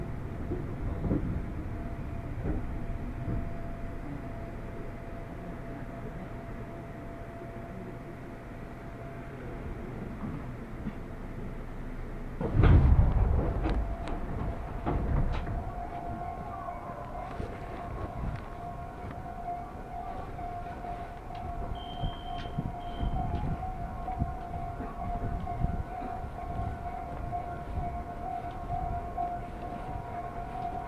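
Train ride on a Japanese line: steady low rumble, a loud clunk near thirteen seconds, then a sustained tone with rattling through the rest.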